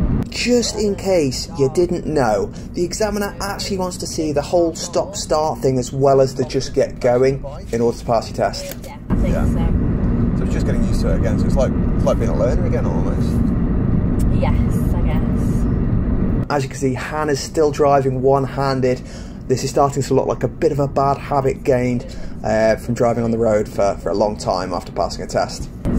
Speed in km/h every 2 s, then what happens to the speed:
69, 69, 71, 71, 71, 71, 69, 71, 72, 72, 72, 74, 76.
0-26 steady at about 71.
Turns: none.